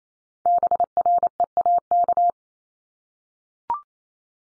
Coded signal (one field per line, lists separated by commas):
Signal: Morse code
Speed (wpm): 28 wpm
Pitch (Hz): 700 Hz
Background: none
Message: BREAK